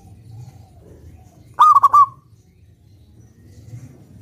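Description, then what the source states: Zebra dove song: a single short, rolling, stuttered cooing phrase over a faint low hum. Perkutut raja song used as a lure for trapping birds.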